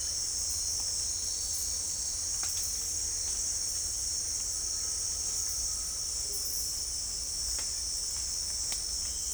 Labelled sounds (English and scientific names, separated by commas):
none